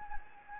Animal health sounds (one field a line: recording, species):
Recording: mosquito wingbeat signal from an infrared sensor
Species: Anopheles gambiae